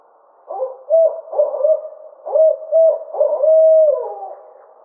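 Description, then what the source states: Barred owl hoot series, evenly pitched low notes in a lilting rhythm, closing with a long drawn hoot that falls away. Recorded 24 May 2009.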